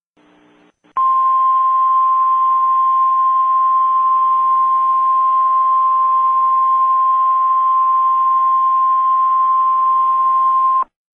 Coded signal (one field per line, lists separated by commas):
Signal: Emergency Alert System (SAME) tones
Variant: 1050 Hz attention tone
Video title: Mega Man Nightmare Boss Attack (multi-part EAS mock-up) - Part 4-7